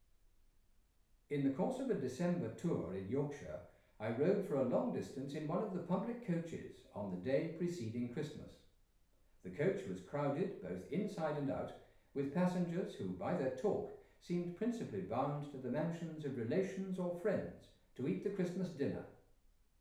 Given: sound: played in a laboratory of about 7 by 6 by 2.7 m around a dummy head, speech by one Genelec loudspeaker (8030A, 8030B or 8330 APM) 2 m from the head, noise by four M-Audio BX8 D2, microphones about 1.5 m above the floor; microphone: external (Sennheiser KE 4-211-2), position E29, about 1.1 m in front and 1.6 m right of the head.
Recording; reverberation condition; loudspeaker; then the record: male speech in English; medium; in front (0 degrees)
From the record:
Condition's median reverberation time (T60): about 510 ms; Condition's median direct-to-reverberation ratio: about -0.5 dB